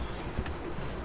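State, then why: Not seated. A stiff plastic engine-bay part, an intake duct or hose coupling, is handled and pushed toward its fitting on a 2010 Mercedes C300 4matic during spark plug and belt tensioner replacement, after a hard install. Low, steady handling noise is heard, with one brief, slightly louder sound near 0.5 s. Nothing has seated or clicked yet.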